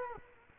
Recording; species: mosquito wingbeat signal from an infrared sensor; Culex quinquefasciatus